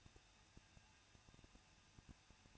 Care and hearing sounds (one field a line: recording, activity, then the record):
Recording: daily activity, microphone in the room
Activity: no activity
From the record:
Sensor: 2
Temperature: 21.0 degrees Celsius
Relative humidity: 37.3%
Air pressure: 1006.4 hPa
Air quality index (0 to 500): 220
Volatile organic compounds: 23 ppm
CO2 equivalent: 2774 ppm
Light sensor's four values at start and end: 2/3/2/2 and 2/3/2/2